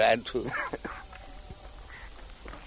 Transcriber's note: chuckling